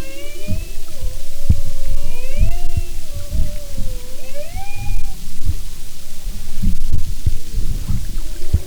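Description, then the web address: Humpback whale song-like moans: smooth tonal sweeps that climb and dip, with brief higher rising chirps layered above and low pulsing knocks underneath. "Sound and Marine Mammals humpback"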